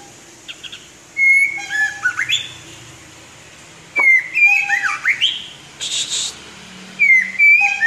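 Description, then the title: White-rumped shama singing three whistled phrases, each opening with a long steady note and sliding into quick rising and falling twists, with short sharp notes between. "murai batu"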